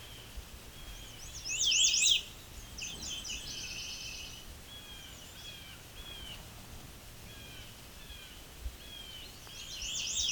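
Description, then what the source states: Nashville Warbler song: a run of sharp, paired high chips, then a quicker, lower twittering trill, with the chip series starting again at the end. Late afternoon on the 2021 summer solstice, very quiet soundscape, Bruce Peninsula National Park, Ontario, Canada; birds singing at a slower, more relaxed pace at this hour.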